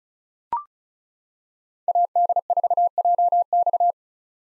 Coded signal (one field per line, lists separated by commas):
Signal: Morse code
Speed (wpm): 36 wpm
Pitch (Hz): 700 Hz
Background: none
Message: AD4JX